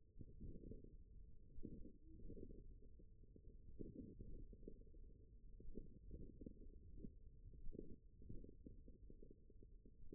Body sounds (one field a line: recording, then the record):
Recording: forearm muscle sounds (acoustic myography)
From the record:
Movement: thumb flexion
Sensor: system 1, eight BSWA MPA416 microphones around the upper forearm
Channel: 3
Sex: male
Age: 41 years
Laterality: right